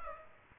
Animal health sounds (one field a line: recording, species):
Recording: mosquito wingbeat signal from an infrared sensor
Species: Aedes aegypti